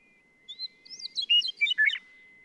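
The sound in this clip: Western meadowlark song: whistled opening notes run into a fast, bubbling cascade, with a faint steady tone humming underneath.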